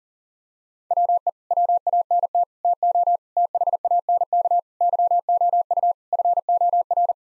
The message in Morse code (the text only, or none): WE WANT TO THANK YOU FOR